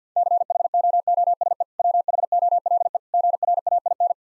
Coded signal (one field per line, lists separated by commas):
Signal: Morse code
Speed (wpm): 50 wpm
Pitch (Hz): 700 Hz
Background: none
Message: CHOOSE WHOLE GRAIN